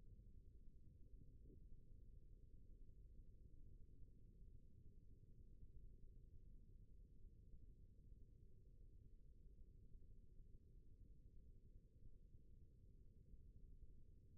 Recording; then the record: forearm muscle sounds (acoustic myography)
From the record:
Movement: rest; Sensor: system 1, eight BSWA MPA416 microphones around the upper forearm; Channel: 1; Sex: male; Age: 20 years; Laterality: left